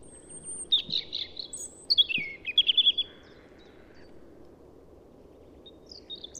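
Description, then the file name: European robin song: a high, liquid phrase of quick trills, then quiet apart from a few faint, thin, high notes near the end. "Erithacus rubecula"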